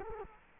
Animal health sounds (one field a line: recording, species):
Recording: mosquito wingbeat signal from an infrared sensor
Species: Culex quinquefasciatus